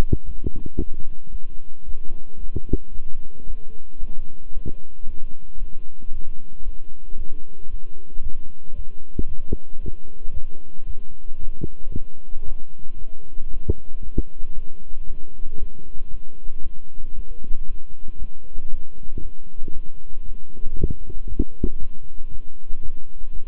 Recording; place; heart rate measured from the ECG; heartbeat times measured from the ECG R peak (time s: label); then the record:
heart sounds by stethoscope; between the tricuspid and mitral areas; 114 bpm
0.25 s: heartbeat
0.77 s: heartbeat
1.30 s: heartbeat
1.84 s: heartbeat
2.39 s: heartbeat
2.92 s: heartbeat
3.46 s: heartbeat
3.99 s: heartbeat
4.52 s: heartbeat
5.05 s: heartbeat
5.58 s: heartbeat
6.11 s: heartbeat
6.63 s: heartbeat
7.16 s: heartbeat
7.68 s: heartbeat
8.21 s: heartbeat
8.74 s: heartbeat
9.27 s: heartbeat
9.79 s: heartbeat
10.32 s: heartbeat
10.85 s: heartbeat
11.39 s: heartbeat
11.92 s: heartbeat
12.44 s: heartbeat
12.97 s: heartbeat
13.49 s: heartbeat
14.02 s: heartbeat
14.54 s: heartbeat
15.06 s: heartbeat
15.58 s: heartbeat
16.10 s: heartbeat
16.62 s: heartbeat
17.14 s: heartbeat
17.66 s: heartbeat
18.18 s: heartbeat
18.70 s: heartbeat
19.21 s: heartbeat
19.72 s: heartbeat
20.24 s: heartbeat
20.75 s: heartbeat
21.27 s: heartbeat
21.78 s: heartbeat
22.30 s: heartbeat
22.81 s: heartbeat
23.31 s: heartbeat
From the record:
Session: walking at 3.7 km/h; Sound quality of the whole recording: good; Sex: male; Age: 26 years